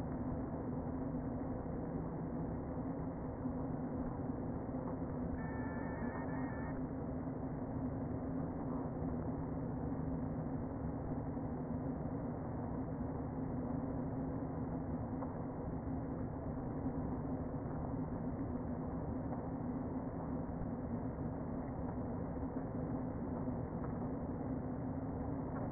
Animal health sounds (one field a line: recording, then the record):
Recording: honeybee colony, microphone inside the hive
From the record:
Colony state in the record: queen present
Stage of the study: before two queens were removed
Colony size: about 60,000 bees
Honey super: yes